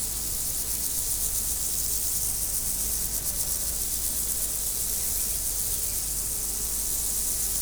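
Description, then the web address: Insects keep up an unbroken high buzzing drone with slight pulsing texture, and low background rumble underneath. Insects recorded in nature in 2014, after leaving Várbóc. "allathangok termeszetben rovarok 2014 varbocotelhagyva"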